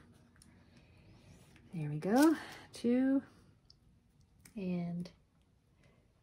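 A small metal end cap is handled over a binding post poking through the spine of a handmade journal, ready to be pushed into the hole. Someone talks while a few faint ticks sound. Nothing has seated or clicked yet.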